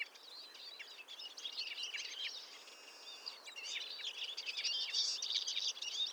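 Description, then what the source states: Eurasian siskins twittering as a flock, a faint steady jumble of high chirps that grows a little louder toward the end. Barely audible babble of a flock of siskins; morning, February 2020, Montagne du Puy, 1500 m, Drôme, France; mixed conifer and oak forest; Nagra Seven, Telinga Pro7 stereo.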